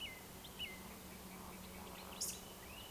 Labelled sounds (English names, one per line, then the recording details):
Eurasian Woodcock whistle
Eurasian Woodcock croak
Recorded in Baden-Württemberg, Germany, on 12 June 2020 at 20:01 UTC
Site 43791, 788 m above sea level